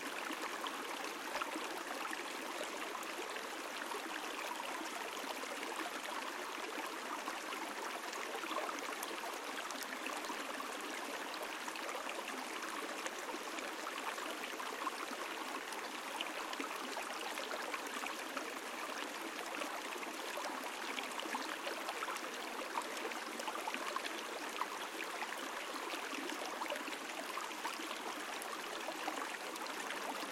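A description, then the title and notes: A babbling brook runs steadily, a dense, even rush of water with bright splashing and fine trickling detail over a softer middle murmur. Little changes across the half minute; the flow holds constant with no low rumble and no other sounds. A murmuring, babbling, burbling brook high up in the Black Forest mountain region of Germany. Babbling Brook in the Black Forest.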